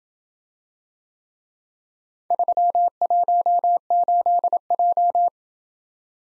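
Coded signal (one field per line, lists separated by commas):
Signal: Morse code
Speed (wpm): 26 wpm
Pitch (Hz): 700 Hz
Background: none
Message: 318J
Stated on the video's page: Computer-generated Morse practice of four-character letter-number groups in Speed-Racing format, starting fast and slowing to a 20 wpm base; fastest speed is 1.5x the slowest.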